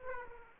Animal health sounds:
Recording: mosquito wingbeat signal from an infrared sensor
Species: Aedes aegypti

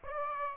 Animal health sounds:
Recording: mosquito wingbeat signal from an infrared sensor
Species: Aedes aegypti

